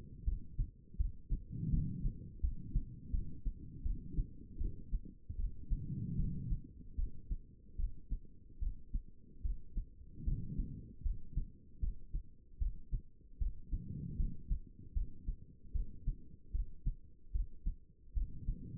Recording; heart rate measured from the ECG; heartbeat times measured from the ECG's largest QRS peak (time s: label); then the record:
heart sounds by stethoscope; 77 bpm
0.25 s: heartbeat
0.98 s: heartbeat
1.71 s: heartbeat
2.42 s: heartbeat
3.12 s: heartbeat
3.84 s: heartbeat
4.59 s: heartbeat
5.37 s: heartbeat
6.17 s: heartbeat
6.97 s: heartbeat
7.77 s: heartbeat
8.60 s: heartbeat
9.43 s: heartbeat
10.25 s: heartbeat
11.03 s: heartbeat
11.81 s: heartbeat
12.59 s: heartbeat
13.39 s: heartbeat
14.17 s: heartbeat
14.94 s: heartbeat
15.73 s: heartbeat
16.52 s: heartbeat
17.33 s: heartbeat
18.14 s: heartbeat
From the record:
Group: healthy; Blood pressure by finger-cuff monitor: 124/79 mmHg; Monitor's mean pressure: 95 mmHg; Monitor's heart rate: 76 bpm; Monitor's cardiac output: 4.8 L/min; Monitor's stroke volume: 62 mL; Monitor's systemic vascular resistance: 1460 dyn s/cm5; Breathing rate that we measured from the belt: 14 breaths a minute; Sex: female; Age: 51 years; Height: 162 cm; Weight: 70.04 kg